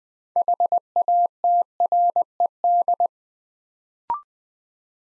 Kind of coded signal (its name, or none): Morse code